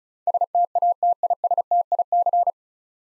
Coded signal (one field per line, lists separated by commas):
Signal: Morse code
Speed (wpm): 36 wpm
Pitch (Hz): 700 Hz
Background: none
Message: STATISTIC